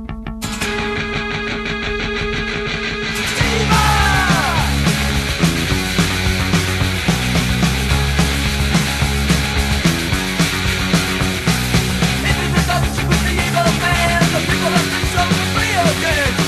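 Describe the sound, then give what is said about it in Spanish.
A loud punk rock song opens with a short buzzing intro before the full band crashes in, driving drums and distorted guitars pounding steadily beneath shouted vocals. “Y como no, un día como hoy, pues también podemos gritar, pues como ellos que siempre gritan en todas sus conciertos, pues cantamos a la revolución.”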